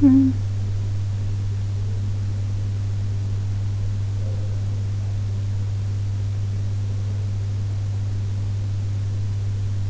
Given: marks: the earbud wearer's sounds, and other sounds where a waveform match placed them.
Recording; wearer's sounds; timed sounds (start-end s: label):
sounds in sleep by an in-ear microphone; talking in sleep
0.00-0.36 s: talking in sleep